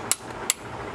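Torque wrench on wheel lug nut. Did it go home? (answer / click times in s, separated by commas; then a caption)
yes / 0.1 s, 0.5 s. A click-type torque wrench set to 100 foot-pounds tightens a wheel lug nut on a 2003 Chevy Avalanche, working in a crisscross pattern. Two sharp clicks ring out at 0.1 s and 0.5 s over a low background hum. The wrench has reached 100 foot-pounds of torque, so the nut is not tightened any further.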